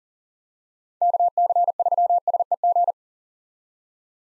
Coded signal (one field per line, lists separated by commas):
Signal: Morse code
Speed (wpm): 40 wpm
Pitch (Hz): 700 Hz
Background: none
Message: KC3SEG